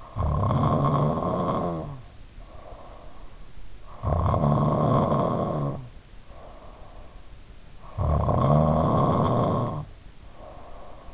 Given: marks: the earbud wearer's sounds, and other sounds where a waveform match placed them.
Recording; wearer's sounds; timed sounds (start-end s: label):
sounds in sleep by an in-ear microphone; snoring breath
0.00-3.14 s: snoring breath
3.82-7.31 s: snoring breath
7.88-11.14 s: snoring breath